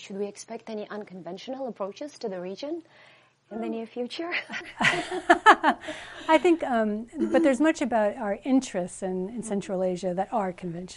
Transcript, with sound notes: Should we expect any unconventional approaches to the region in the near future?
(Laughs) I think, but there's much about our interests in Central Asia that are conventional.